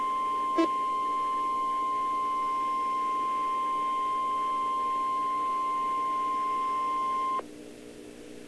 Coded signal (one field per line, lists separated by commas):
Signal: Emergency Alert System (SAME) tones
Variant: 1050 Hz attention tone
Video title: Severe Thunderstorm Warning: New York City (9/8/12)